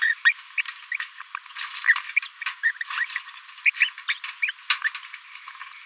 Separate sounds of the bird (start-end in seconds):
0.01-0.14, 0.25-0.32, 0.57-0.61, 0.91-0.97, 1.88-1.96, 2.16-2.19, 2.22-2.27, 2.63-2.71, 2.81-2.83, 2.97-3.04, 3.65-3.70, 3.80-3.90, 4.08-4.14, 4.42-4.51, 4.84-4.89, 5.44-5.67